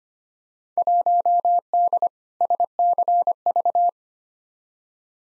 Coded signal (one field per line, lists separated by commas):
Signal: Morse code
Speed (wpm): 25 wpm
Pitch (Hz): 700 Hz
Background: none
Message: 1D SCV